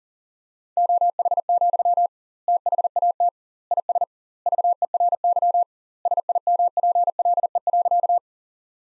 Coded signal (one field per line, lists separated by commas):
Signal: Morse code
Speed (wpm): 40 wpm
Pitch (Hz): 700 Hz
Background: none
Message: OH, THAT IS VERY SIMPLE.